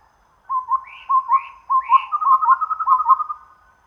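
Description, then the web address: Chestnut-rumped babbler calls: low hollow double notes repeated, each topped by a higher arched whistle, then a quick even run of piping notes. Recorded at Danum on 1 April 2006. "DANUM 20060401. chestnut-rumped babbler"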